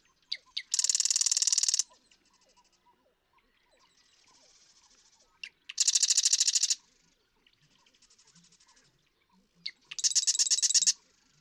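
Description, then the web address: Marsh Wren song: a couple of sharp ticks lead into a loud, rapid, buzzy trill, repeated three times, with soft clicks between. "birdsongforthecurious Marsh Wren"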